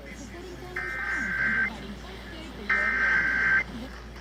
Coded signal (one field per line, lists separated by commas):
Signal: Emergency Alert System (SAME) tones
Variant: header bursts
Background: speech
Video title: San Diego Required Monthly Test (EAS #199 202) 7/7/21